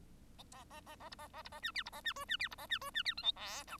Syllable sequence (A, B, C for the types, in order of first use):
A A A A B A A B A C D B A C E C D B A C E C D F G H I